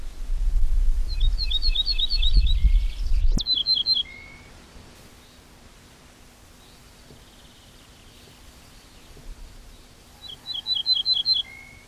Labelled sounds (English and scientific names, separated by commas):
Ortolan Bunting (Emberiza hortulana) song